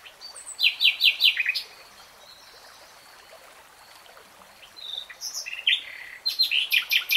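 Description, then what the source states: Nightingale song: bursts of rapid repeated high notes, then a pause with faint thin whistles, followed by further fast trilled phrases. Nightingale singing, real time.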